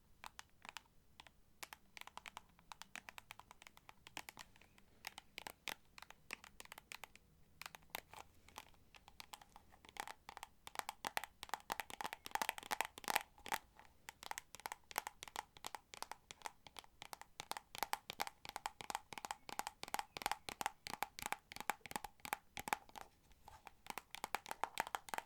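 Rapid tapping clicks repeat throughout, sharp and bright, sounding much like typing on a keyboard. The taps are sparser and uneven in the first ten seconds, then grow denser and louder, with a faint steady tone running underneath in the second half.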